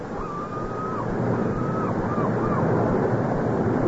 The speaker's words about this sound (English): So gladly, from the songs of modern speech, men turn and see the stars and feel the free, shrill wind beyond the close of heavy flowers. And through the music of the languid hours, they hear the ocean.